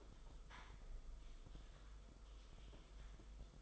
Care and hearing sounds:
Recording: daily activity, microphone in the room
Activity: typing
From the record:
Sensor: 5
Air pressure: 991.1 hPa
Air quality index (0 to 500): 131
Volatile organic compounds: 70 ppm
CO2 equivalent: 3520 ppm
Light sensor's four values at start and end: 38/120/46/49 and 38/120/46/49

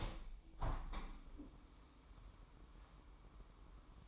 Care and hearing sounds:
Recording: daily activity, microphone in the room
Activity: open window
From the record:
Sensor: 1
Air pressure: 998.6 hPa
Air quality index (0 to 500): 134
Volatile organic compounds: 4 ppm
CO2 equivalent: 1609 ppm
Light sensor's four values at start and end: 10/23/9/11 and 10/24/10/12

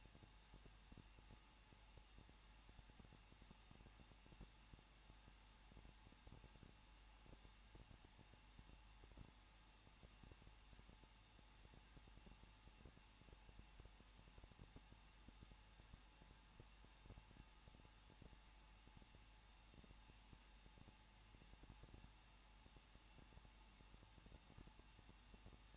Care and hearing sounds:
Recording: daily activity, microphone in the room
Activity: no activity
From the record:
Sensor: 1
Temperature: 20.1 degrees Celsius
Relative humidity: 39.1%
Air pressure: 1006.3 hPa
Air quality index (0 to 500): 217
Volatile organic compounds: 76 ppm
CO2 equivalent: 3577 ppm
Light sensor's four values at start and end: 1/2/1/1 and 1/2/1/1

